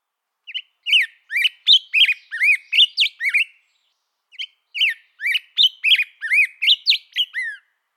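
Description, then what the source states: Black-headed grosbeak song: two long, sweet, warbled phrases of rising and falling whistled notes, separated by a brief pause, with no other sounds. Whistled song rising and falling like an American robin's, but longer, sweeter and less choppy in its phrases; likened to a drunk or operatic robin.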